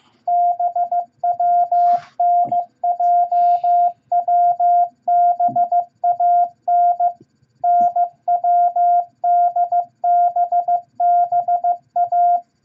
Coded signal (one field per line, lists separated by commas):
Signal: Morse code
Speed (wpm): 15 wpm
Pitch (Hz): 700 Hz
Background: none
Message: BWNJWBAN NWDBBA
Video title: Morse Code Practice Beginner Set AWJNDB At 15 Words Per Minute #4!